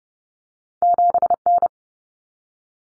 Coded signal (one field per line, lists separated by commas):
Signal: Morse code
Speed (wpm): 30 wpm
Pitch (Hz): 700 Hz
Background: none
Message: 7N